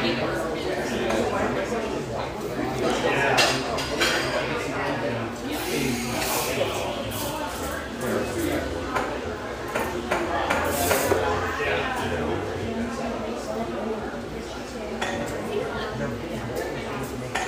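Lively coffeeshop ambience with a steady, dense murmur of overlapping voices throughout. Dishes and cutlery clink and clatter often, with sharper bright knocks scattered across the clip, a cluster around six to eleven seconds. Loudness stays fairly even from start to finish.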